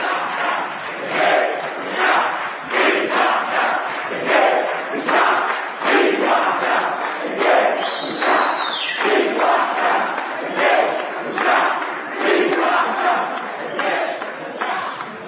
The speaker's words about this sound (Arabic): مش عايزين نزعل حد، لكن عايزين نشوف هتافين في قاعة واحدة، مرة من مرشح ومرة من مرشح تاني.